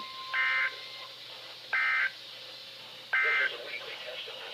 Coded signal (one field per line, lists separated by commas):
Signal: Emergency Alert System (SAME) tones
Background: speech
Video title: EAS #28-30 - WXL39, KIH28 and KZZ31 Required Weekly Tests 8-21-2013